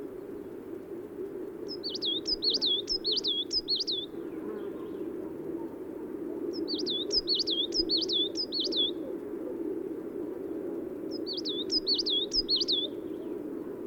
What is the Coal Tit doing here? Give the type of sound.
song